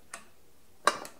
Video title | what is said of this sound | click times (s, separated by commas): Whitney Hydraulic Punch - Custom Machined Aluminum & Steel Stripper Plate | it snaps right in. | 0.9 s